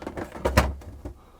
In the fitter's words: We then put the filter back in again, just make sure that is clicked into place.